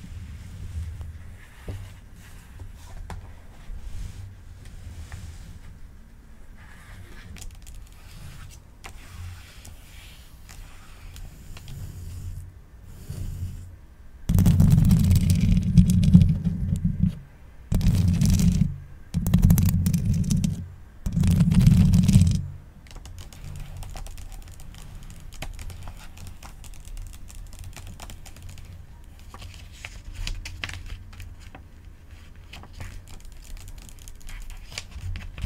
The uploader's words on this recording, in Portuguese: Aqui temos um ASMR brasileiro super relaxante com sons de folhas do lindo livro "Contos de Grimm".